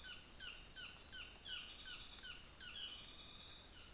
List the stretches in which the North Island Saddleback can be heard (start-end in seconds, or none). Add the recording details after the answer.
0.01-3.94. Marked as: faintness 2/5, faintness 1/5. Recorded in New Zealand on 24 December 2018. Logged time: 09:00